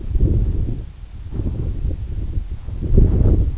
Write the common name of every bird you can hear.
none